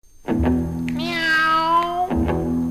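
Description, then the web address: Cat giving one long, drawn-out meow, with a few soft low thumps. "Kitty Kat"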